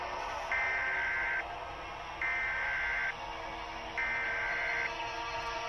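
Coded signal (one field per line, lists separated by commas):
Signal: Emergency Alert System (SAME) tones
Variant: header bursts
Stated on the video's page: Fictional EAS scenario made in CapCut.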